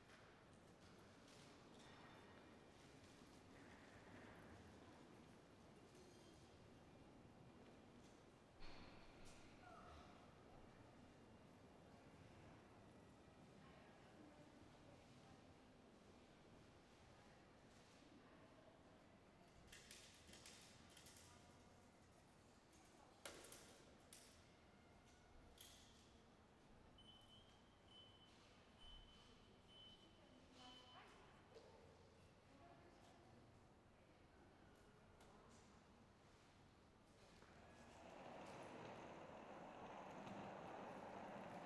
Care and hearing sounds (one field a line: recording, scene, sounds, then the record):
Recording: everyday scene through a hearing-aid microphone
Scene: reverberant space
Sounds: background noise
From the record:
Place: railway station hall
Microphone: behind the ear, right, front